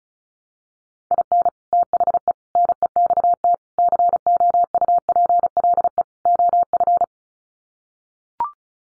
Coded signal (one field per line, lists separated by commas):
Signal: Morse code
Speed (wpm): 34 wpm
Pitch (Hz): 700 Hz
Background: none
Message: IN THE NEXT COUPLE OF